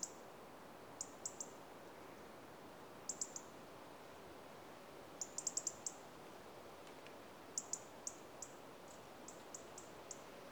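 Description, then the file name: European Robin calls: brief, very high, thin notes in quick clusters of two to five, repeated every couple of seconds over a steady background hiss. "Erithacus rubecula - European Robin"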